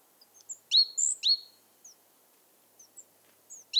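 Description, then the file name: Great tit giving a quick cluster of sharp high notes with a thin whistle above, then scattered faint chips and another sharp note at the end. "Parus major"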